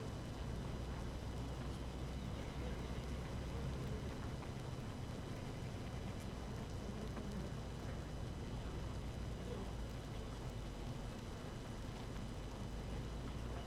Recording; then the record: honeybee colony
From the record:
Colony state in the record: active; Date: 12 June 2018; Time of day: 5:54